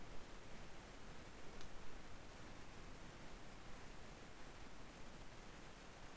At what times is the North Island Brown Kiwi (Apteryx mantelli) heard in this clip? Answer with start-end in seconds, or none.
none